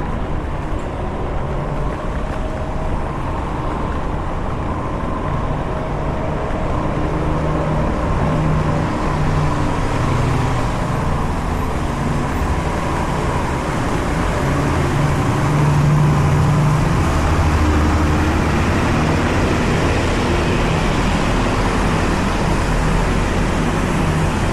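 A city walk in the rain, dominated by a steady, dense roar of road traffic with a low rumble underneath. Engine hums rise and fall as vehicles pass, with a louder low drone around sixteen seconds, and a faint hiss runs throughout.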